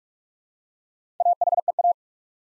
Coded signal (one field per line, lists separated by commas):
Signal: Morse code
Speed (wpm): 44 wpm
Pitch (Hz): 700 Hz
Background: none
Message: AHEA